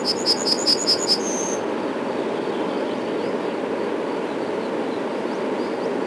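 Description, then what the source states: Yellowhammer song: a quick run of six bright, even notes ending in one long, higher drawn-out note, over a steady low rumble. Spring.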